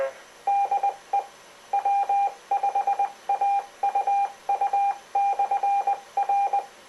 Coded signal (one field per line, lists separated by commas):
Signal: Morse code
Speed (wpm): 20 wpm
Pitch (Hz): 800 Hz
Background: none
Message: DE W5AUU/R